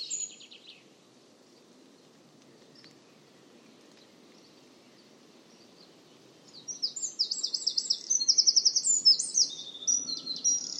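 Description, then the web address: Bird: a brief high trill, then about six seconds of near quiet hiss, before a bird bursts into a loud, fast sequence of high chirping trills. "cianscape birddata Deverinetal 2025"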